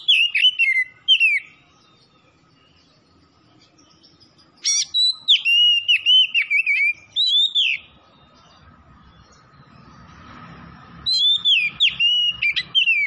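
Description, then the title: Oriental magpie-robin song in bursts of loud, clear whistles sliding up and down, with rapid chirps between them, separated by pauses of a few seconds; a low hum in the gaps. Singing vigorously (gacor); Tretes type. "Kacer Tretes"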